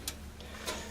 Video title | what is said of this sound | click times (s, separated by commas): DIY replacing a motherboard,hard drive,memory,CPU #2 | okay push that down until you hear it snap | 0.1 s